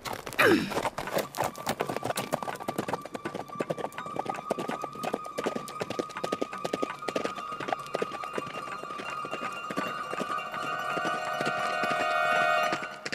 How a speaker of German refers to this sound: Ich zuckte mit den Schultern und sie gab ihrem Pferd die Sporen und sprengte die schmale, gefährliche Straße entlang.